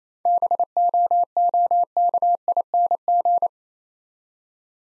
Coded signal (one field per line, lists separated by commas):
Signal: Morse code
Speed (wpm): 27 wpm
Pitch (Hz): 700 Hz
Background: none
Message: BOOKING